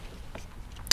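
A plastic horn button ring with a lip is pressed onto an aftermarket Mugen steering wheel. After faint low background noise and a soft tick at 0.4 s, a sharp, loud snap at 0.9 s marks the ring seating onto the wheel.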